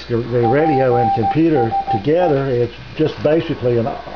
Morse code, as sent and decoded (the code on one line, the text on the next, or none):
.--. ... .
PSE